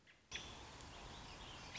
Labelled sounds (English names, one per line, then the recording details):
American Robin
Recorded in Sonoma County, California